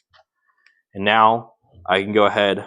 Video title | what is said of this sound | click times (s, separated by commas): SWYFT Drive V2 Assembly Video | and then they're going to drop, and they're going to click into place. | 0.7 s